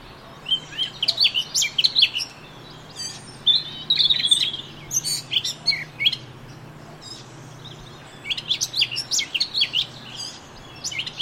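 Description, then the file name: Eurasian blackcap with several short bursts of bright, jumbled warbling notes separated by pauses, against a constant low droning hum. "Sylvia atricapilla"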